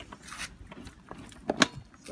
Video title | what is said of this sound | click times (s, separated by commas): How to turn the Baby Jogger City Mini buggy into a travel system | in and again you should hear it click into place | 1.6 s